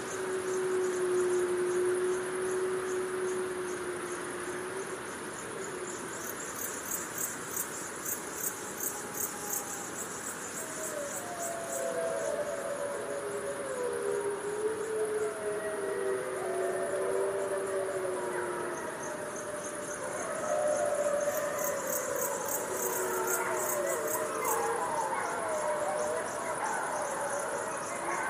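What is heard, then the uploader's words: Distant wolves howl in long, sliding, overlapping tones under a steady bed of night insects, with bright bursts of chirping around 6–12 and 21–25 seconds. Wolves Howling in the Night. A distant pack of wolves call in the peace and serenity of the prairie under the light of the moon.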